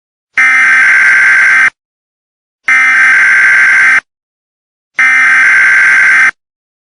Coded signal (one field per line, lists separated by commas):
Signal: Emergency Alert System (SAME) tones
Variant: header bursts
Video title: NUCLEAR ATTACK EAS